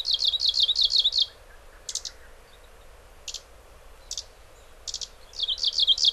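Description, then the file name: Japanese leaf warbler singing bursts of fast, buzzy repeated notes, with short sharp chips in the pause between them. Recorded in Hyogo. "mebosomushikui 2 1005 hyogo kaji"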